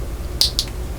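A clear plastic headlight lens for a DeAgostini Ford GT scale model is lined up by its notch and pressed onto the reflector. It gives two sharp, bright snaps at 0.4 s and 0.6 s over a steady low background hum. The lens seats perfectly in place.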